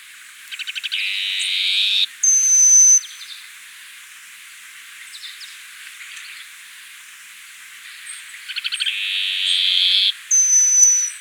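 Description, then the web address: Plain-colored seedeater making two buzzy, ticking trills, each followed by a thin, high, steady whistle, with quiet pauses between the phrases. Ecuador. "Birds of Ecuador. Plain-Colored Seedeater"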